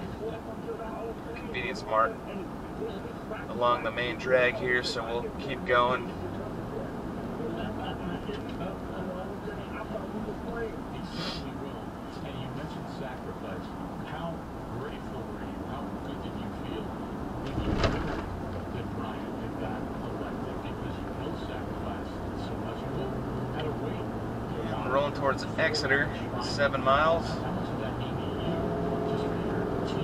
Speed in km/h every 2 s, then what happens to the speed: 68, 69, 69, 72, 76, 76, 72, 72, 72, 74, 74, 79, 84, 85, 89.
0-8 speeds up to 76. 8-20 steady at about 74. 20-30 speeds up to 89.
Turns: none.